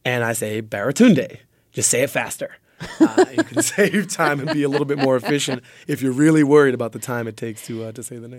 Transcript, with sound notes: And I say Baratunde, just say it faster. (LAUGHTER) You can save time and be a little bit more efficient if you're really worried about the time it takes to say the name.